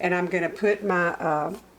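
A metal bread pan is being handled on its way into the base of a bread machine, where it will snap into place. Someone talks throughout the clip, with no distinct clicks or sudden sounds. The pan has not seated or clicked yet.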